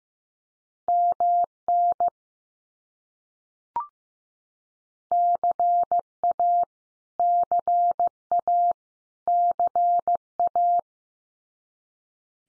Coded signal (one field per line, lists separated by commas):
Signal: Morse code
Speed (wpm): 15 wpm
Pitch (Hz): 700 Hz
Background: none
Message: MN CA CA CA